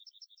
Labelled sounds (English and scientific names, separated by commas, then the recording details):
Yellowhammer (Emberiza citrinella) song
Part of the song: start
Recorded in the Czech Republic on 26 June 2014
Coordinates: 49.877, 13.869
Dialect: BhBl
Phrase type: C48
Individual h028